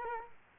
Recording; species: mosquito wingbeat signal from an infrared sensor; Culex quinquefasciatus